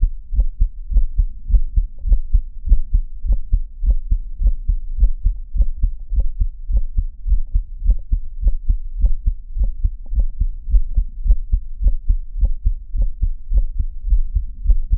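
Regular low thumps of an adult heartbeat heard through a stethoscope run throughout, near 105 a minute, fairly steady, with a faint hum between beats. The rate sits at the fast end of normal or slightly fast; no specific finding can be named from the sound alone.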